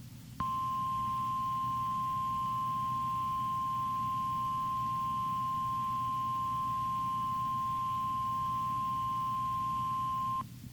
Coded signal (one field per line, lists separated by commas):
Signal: Emergency Alert System (SAME) tones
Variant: 1050 Hz attention tone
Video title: EAS #1461 - TROPICAL STORM WARNING 6-5-2016